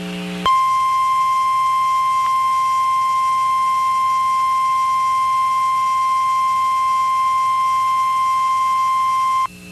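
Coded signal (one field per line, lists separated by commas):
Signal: Emergency Alert System (SAME) tones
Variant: 1050 Hz attention tone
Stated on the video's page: Required weekly tests from NOAA Weather Radio stations in Dallas/Fort Worth and Waco, Texas.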